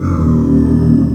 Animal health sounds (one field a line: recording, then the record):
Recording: squeal of a Yucatan mini pig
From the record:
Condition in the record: after surgery on the right vocal fold (resection and tissue-engineered implant)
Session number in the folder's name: 11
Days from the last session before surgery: 98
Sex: female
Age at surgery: 19 weeks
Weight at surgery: 25 kg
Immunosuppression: prednisolone